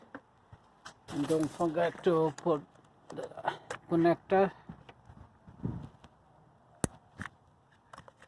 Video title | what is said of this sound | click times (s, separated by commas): How to change spark plugs. | When you're pressing in, you will hear that clicking noise. | 6.8 s